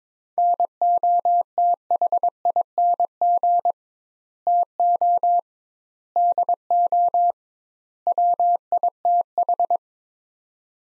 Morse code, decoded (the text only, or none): NOTHING TO DO WITH